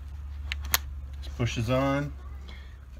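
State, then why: Seated. A plastic line retaining clip is pushed onto the other side of the engine coil cover on a 2011–2017 5.0L or 2016–2022 5.2L engine, under a steady low hum. A sharp click at 0.7 s marks it seating, and someone talks afterward. The clip is seated.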